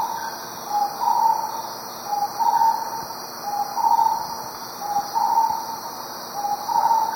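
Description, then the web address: Starred wood quail giving whistled two-note phrases, a lower note then a higher one, repeated about every 1.4 seconds over a steady high insect drone. Ecuador. "Birds of Ecuador. Starred Wood Quail"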